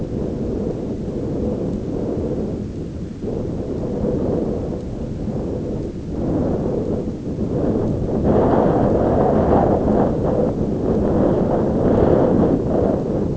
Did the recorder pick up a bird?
no